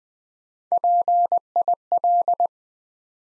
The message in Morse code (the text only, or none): PIL